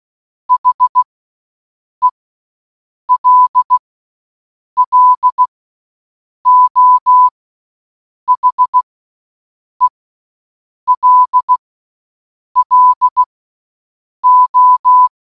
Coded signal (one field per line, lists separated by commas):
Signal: Morse code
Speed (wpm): 16 wpm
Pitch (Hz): 1000 Hz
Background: none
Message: HELLO HELLO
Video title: 🔊🔊🔊 Listening To HELLO For ONE HOUR In Morse Code Challenge 🔊🔊🔊